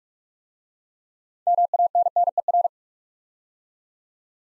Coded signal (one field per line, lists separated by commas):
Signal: Morse code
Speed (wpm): 45 wpm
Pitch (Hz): 700 Hz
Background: none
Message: MANNER